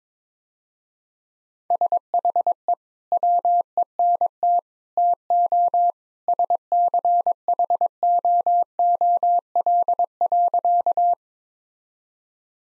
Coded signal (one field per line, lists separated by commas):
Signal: Morse code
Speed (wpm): 22 wpm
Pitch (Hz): 700 Hz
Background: none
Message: SHE WENT TO SCHOOL.